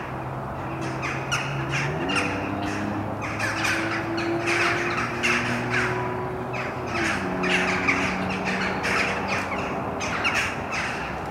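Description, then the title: Birds calling in a rapid run of harsh, grating notes throughout, while a low engine-like drone shifts pitch underneath. Birds recorded at Mariahoeve, The Hague, Netherlands, using a Sony PCM D50. "Mariahoeve, Den Haag, Nederland - Vogels mariahieve"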